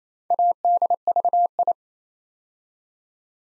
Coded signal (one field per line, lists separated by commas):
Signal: Morse code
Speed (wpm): 27 wpm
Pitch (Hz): 700 Hz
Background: none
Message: ADVI